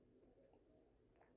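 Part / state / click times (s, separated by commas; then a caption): interchangeable lens onto mirrorless camera body mount / not seated / none. An interchangeable lens is lined up by its orange dots and rotated onto the mount of a Fuji X-T4 mirrorless camera body, making soft, low handling rustles with a faint tap near 0.5 s and 1.2 s. Nothing has seated or clicked yet; the clip ends just before the lens locks.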